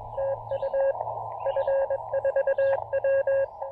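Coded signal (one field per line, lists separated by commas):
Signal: Morse code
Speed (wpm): 22 wpm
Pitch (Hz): 590 Hz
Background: radio noise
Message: TU F4W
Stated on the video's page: QRP Morse code during a combined SOTA and POTA summit activation on 17 and 15 meters.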